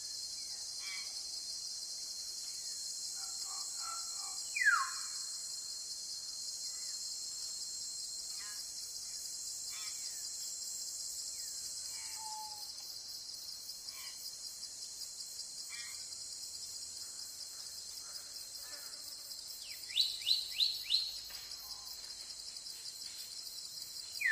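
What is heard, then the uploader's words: Forest sound with a steady, dense high insect hiss running through the whole stretch. Scattered bird calls sound over it: a quick sweeping call near five seconds, softer chirps throughout, and a run of bright repeated notes around twenty to twenty-one seconds. Sound in the forest.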